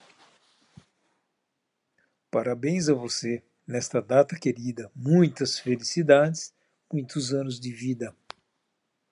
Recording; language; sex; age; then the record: short text; Brazilian Portuguese; male; 50 to 59 years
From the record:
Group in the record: control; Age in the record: 56 years